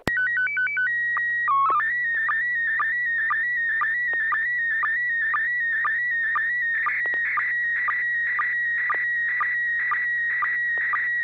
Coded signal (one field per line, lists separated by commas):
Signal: SSTV (slow-scan television)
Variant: PD 120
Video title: N6NA SSTV Net - 04/03/2024